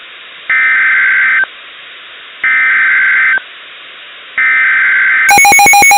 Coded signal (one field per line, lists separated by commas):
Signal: Emergency Alert System (SAME) tones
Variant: header bursts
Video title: EAS: State College PA Tornado Warning Lancaster, York Counties Jun 1 2012